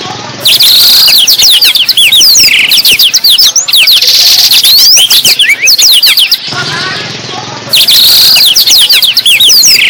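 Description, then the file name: Blackthroat song: vigorous rapid warbling of high sliding notes in long bursts, with one quieter gap. Described as gacor, an Indonesian term for a bird singing actively and continuously. "burung blackthroat gacor"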